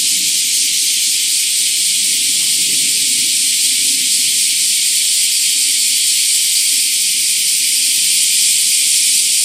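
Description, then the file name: Cicada chorus, a dense continuous high-pitched hiss that stays unbroken and even throughout, with faint low rumbling underneath. Recorded on 7 August 2013. "130807 cicada"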